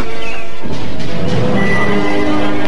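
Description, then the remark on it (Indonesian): A horse pawing at the ground whinnies loudly and harshly, looking angry, its shrill neigh wavering in pitch over nearly three seconds, with a rough, agitated edge and a brief break early on. “Kuda itu mengais-ngais kakinya dan sesekali meringkik keras dengan sikap yang kelihatan marah.”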